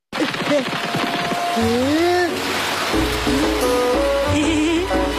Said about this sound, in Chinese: 下雨了，我们赶紧找地方躲雨。